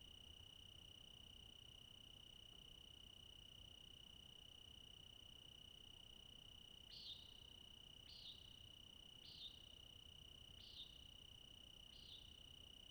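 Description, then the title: Crickets trilling in one continuous high, even tone; past midway a few brief sharp notes repeat over it. Crickets singing all night into morning twilight in Okanogan National Forest. "Okanagon National Forest, All-night Cricket Ending"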